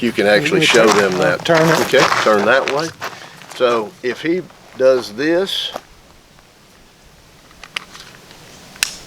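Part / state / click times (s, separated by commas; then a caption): magazine into handgun grip / seated / 8.8 s. Someone talks for the first six seconds, then a pistol magazine is pushed into the handgun grip with the heel of the hand. Small sharp ticks come near 7.6–7.8 s, and the magazine clicks home, locking and seated, with a loud, sharp snap at 8.8 s.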